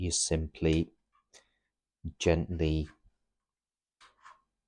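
A plastic flight battery for a DEERC D10 foldable drone, ridged side facing down, is lined up and gently started into the drone body's battery bay while someone talks. Soft, faint handling taps follow the speech. Nothing has seated or clicked yet.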